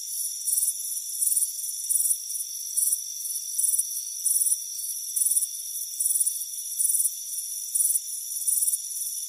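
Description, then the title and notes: Crickets produce high trilled bursts, about one per second, separated by short gaps, with a faint steady ringing underneath. Crickets chirping on a warm afternoon by a front porch. "Soothing Crickets Chirping Sound. It's a warm afternoon as you relax in a hammock on the front porch. Relax and fall asleep to the soothing sound of chirping crickets. Deep Sleep Sounds"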